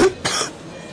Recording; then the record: coughing mixed with background sound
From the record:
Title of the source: 30 Chesty and wet cough